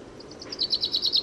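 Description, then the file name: Common chaffinch song fragment: a quick series of clear, high notes that grows louder. "Fringilla coelebs"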